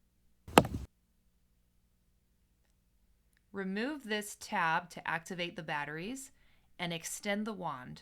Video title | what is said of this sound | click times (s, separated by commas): How to Perform DIY Pest Control | Press down until you hear a click. | 0.6 s